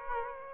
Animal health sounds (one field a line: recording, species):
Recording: mosquito wingbeat signal from an infrared sensor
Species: Aedes aegypti